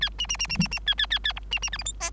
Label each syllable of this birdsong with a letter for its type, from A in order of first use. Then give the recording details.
A B B B B B B A A A A C B B D E F G. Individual Bird3